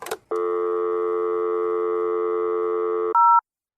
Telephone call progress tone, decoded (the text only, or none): dial tone